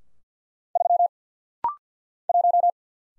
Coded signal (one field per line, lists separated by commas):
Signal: Morse code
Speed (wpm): 50 wpm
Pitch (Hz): 700 Hz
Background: none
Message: 3 1